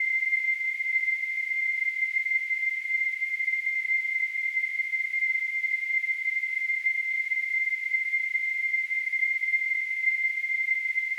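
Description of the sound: Simulated tinnitus: a steady, unchanging high-pitched tone near 2 kHz with a faint hiss above it, continuous throughout.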